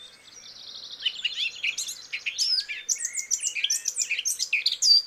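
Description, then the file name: Eurasian blackcap singing a rapid, jumbled warble that starts with a thin, even trill and then breaks into busy chirps and slurred whistles. "Sylvia atricapilla"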